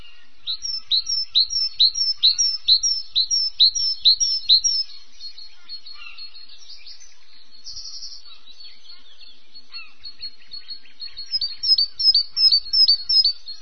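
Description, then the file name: Great tit song of fast, repeated two-note phrases, followed by a long quieter stretch before the bright see-saw phrases return near the end. "koolmees"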